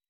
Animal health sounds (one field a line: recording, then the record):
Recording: hydrophone in a shrimp aquaculture tank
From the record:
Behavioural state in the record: weakened